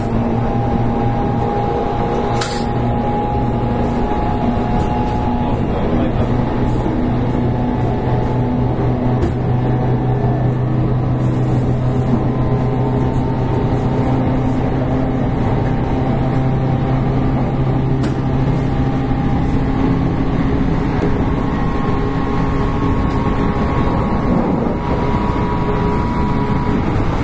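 Running sound from inside a 813 series electric train on a Kagoshima Line rapid service. A steady, dense low rumble holds throughout, with a faint motor whine that rises and falls in pitch. Brief sharp clicks come near the start and around eighteen seconds.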